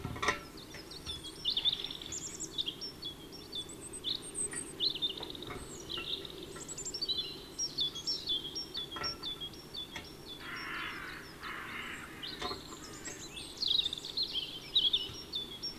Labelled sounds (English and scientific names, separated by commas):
European Robin (Erithacus rubecula) song